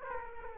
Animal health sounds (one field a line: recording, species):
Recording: mosquito wingbeat signal from an infrared sensor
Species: Aedes aegypti